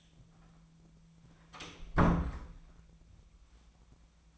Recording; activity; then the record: daily activity, microphone in the room; close door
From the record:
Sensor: 1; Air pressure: 1009.2 hPa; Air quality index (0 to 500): 193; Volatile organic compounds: 4 ppm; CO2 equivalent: 1622 ppm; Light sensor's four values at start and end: 35/96/39/46 and 35/94/39/45